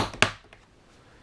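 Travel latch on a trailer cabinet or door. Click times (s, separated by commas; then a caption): 0.2 s. A small travel latch on a cabinet or door in a 2017 Airstream Flying Cloud 25FB Queen travel trailer is closed and locks in place. It gives one sharp, bright click at 0.2 s, with faint softer ticks just before and after, then quiet.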